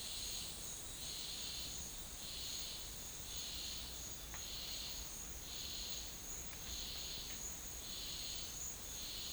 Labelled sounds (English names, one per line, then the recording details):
none
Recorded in dense forest near Puerto Asís, Putumayo, Colombia, on 12 March 2025 at 12:00
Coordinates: 0.500, -76.322
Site GP06